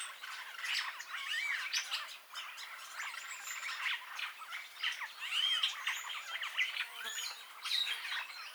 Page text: Пурпурный скворец (Lamprotornis purpureus)